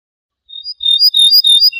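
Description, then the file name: Ortolan bunting song: a short run of bright, repeated high notes, some harsh and loud, closing on a single lower, level note. "suara kicauan ortolan"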